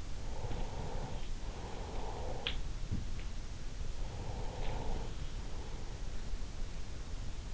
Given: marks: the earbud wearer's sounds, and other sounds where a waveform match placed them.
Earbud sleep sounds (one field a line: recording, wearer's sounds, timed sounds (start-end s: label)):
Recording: sounds in sleep by an in-ear microphone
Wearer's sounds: breath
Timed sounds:
0.22-2.53 s: breath
2.15-3.63 s: sound from someone else or the room
3.72-6.50 s: breath